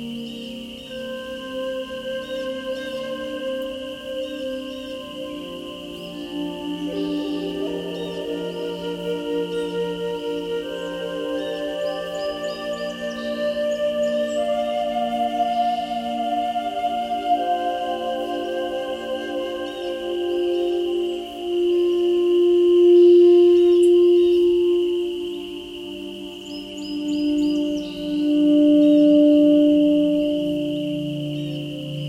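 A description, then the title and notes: A Native American flute plays slow, sustained notes that swell and fade, growing stronger in the second half with long held tones around 23 and 29 seconds. A steady high ringing tone runs throughout, and brief chirping calls appear near 12 and 27 seconds. Night Noon - Native American Flute with Nature Sounds.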